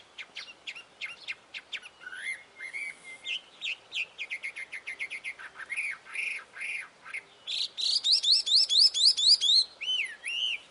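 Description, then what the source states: Chinese hwamei song: rapid sharp notes and varied whistles, then a fast series of loud rising phrases and looping slurred notes. Taiwan.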